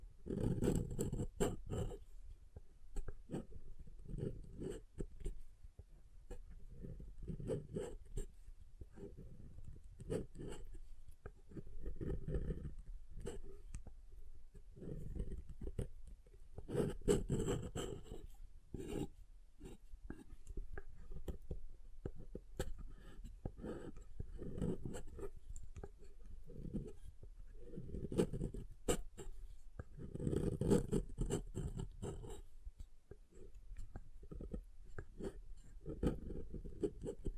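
Soft and hard soap being tapped and carved, with steady muffled low scraping strokes and frequent sharp clicks recurring every second or so throughout.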